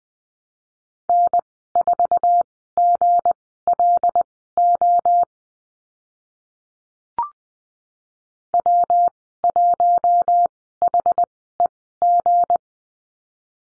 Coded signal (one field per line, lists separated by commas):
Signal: Morse code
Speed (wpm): 20 wpm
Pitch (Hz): 700 Hz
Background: none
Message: N4GLO W1HEG